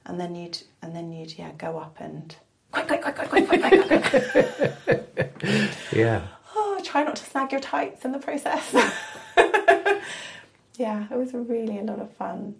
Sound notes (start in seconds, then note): 3.2 laughs; 8.7 laughs